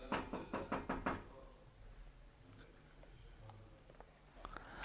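A quick series of about seven sharp knocks on a door, loud and evenly spaced, followed by a low background hum and a few faint clicks.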